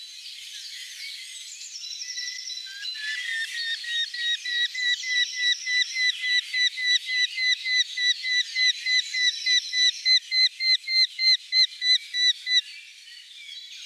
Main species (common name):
Eurasian Hobby